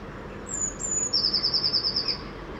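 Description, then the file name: Eurasian blue tit song: thin, very high drawn-out notes, then a fast, even trill slightly lower, over faint background hiss. "Cyanistes caeruleus"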